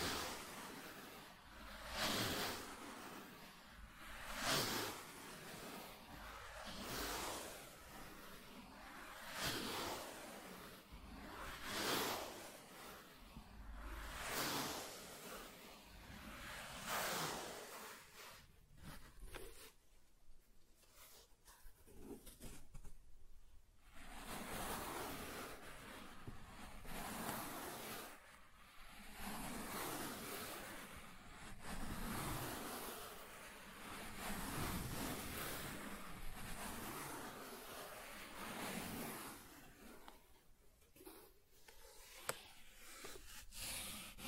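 Soft tracing over smooth and rough surfaces, rhythmic hissing strokes swelling every two to three seconds, with a brief quieter stretch near twenty seconds.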